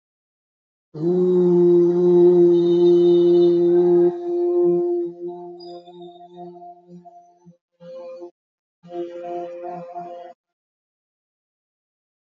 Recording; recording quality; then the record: sustained vowel as in boot; excellent, no background noise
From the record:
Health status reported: healthy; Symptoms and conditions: diabetes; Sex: male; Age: 49 years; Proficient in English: yes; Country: India